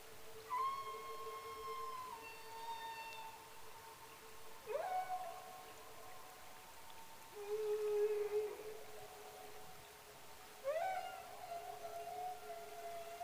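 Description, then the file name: Whale song: several long sustained tonal notes rich in harmonics, some starting with a quick upward sweep. "whale sing"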